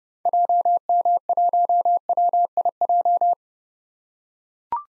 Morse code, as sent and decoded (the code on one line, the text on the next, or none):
.--- -- .---- .-- .. .---
JM1WIJ